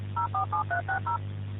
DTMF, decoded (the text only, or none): 047360